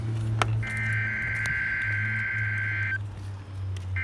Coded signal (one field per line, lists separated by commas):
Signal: Emergency Alert System (SAME) tones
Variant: header bursts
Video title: Minneapolis siren test with weather radio EAS# 25